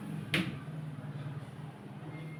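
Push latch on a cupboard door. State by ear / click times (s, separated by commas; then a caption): seated / 0.3 s. A push-to-lock latch on a cupboard or wardrobe door is pressed shut, giving a single sharp click at 0.3 s, after which the door is locked. A low steady hum continues underneath throughout.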